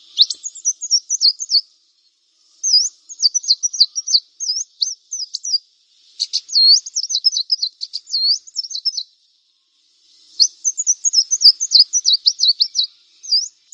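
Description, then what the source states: Brown-throated Sunbird in long, energetic bouts of very high, rapidly alternating warbled notes, pausing briefly between bouts. Vigorously singing bird (described as 'gacor'), called 'kolibri kelapa'.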